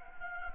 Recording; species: mosquito wingbeat signal from an infrared sensor; Anopheles gambiae